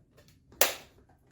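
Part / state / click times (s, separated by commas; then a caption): dust cup onto cordless vacuum body / seated / 0.6 s. The dust cup with its filter is hooked onto the notch and pushed home on top of a SunSare X7A cordless vacuum body. After a few faint handling taps, the plastic latch gives a single loud, sharp click at 0.6 s that rings briefly and fades. The dust cup is seated in place.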